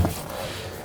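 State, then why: Not seated. A rear seat cushion is handled into position over its floor retaining clips and brackets in a 2001–2009 Volvo S60 2.5L, during a fuel sending unit replacement. A brief handling bump at about 0.1 s gives way to low rustling and shuffling. The cushion has not snapped into place yet, and nothing has seated or clicked.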